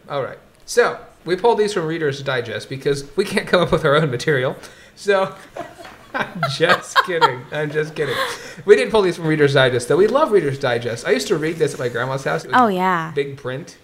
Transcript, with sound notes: Alright. We pulled these from Reader’s Digest, because we can’t come up with our own material, so. [Laughter] I’m just kidding. I’m just kidding. We did pull these from Reader’s Digest though, we love Reader’s Digest. I use to read this at my grandma’s house it was in big print.